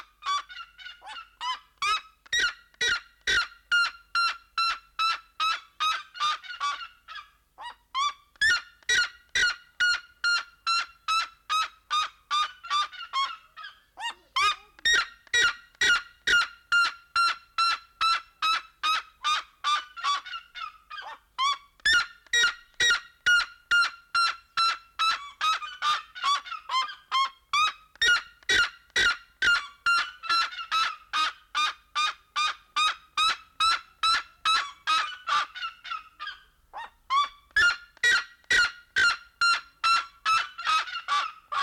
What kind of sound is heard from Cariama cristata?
call